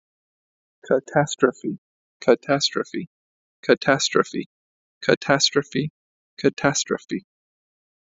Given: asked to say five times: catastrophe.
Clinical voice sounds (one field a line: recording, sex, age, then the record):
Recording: repeated word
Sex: male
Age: 30 to 39 years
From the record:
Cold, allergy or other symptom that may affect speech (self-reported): no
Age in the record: 32 years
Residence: New York, United States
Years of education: 16